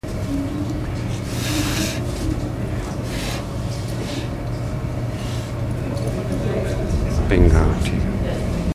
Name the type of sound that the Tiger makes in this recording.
snorting